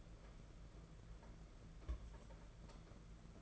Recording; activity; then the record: daily activity, microphone in the room; place on stove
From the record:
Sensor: 5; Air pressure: 992.1 hPa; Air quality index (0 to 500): 211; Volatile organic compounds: 1000 ppm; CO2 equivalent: 6108 ppm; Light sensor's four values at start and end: 6/15/6/7 and 6/15/6/7